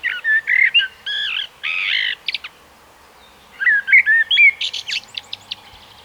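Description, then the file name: Common blackbird singing buzzy, chuckling notes, then after a pause a fluty warbled phrase ending in a series of thin high squeaks. "Turdus merula"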